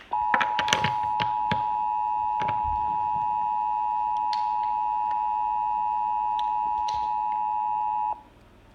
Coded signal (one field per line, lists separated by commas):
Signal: Emergency Alert System (SAME) tones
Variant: 853 and 960 Hz attention tone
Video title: EAS #133 Child Abduction Emergency